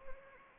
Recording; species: mosquito wingbeat signal from an infrared sensor; Anopheles arabiensis